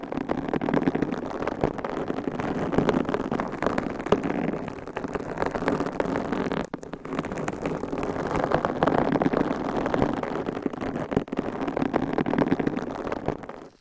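Mic tapping and scratching makes a dense, continuous rustle with a crackly, rain-like texture. It stays fairly steady and busy, mostly in the low-middle range, with a brief drop around seven seconds before the scratching resumes and then fades at the end.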